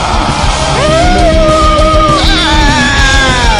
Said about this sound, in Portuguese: Para de gritar, para de gritar!